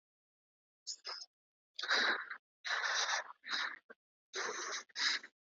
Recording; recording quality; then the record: deep breathing; excellent, no background noise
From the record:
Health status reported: recovered from COVID-19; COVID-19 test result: positive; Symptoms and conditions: none ticked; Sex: male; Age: 27 years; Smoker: not ticked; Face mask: worn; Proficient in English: yes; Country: India